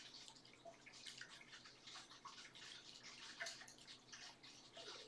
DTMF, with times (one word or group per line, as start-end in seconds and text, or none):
none